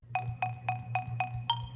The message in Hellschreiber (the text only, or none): none